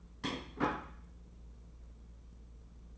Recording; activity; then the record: daily activity, microphone in the room; place plate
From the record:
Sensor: 1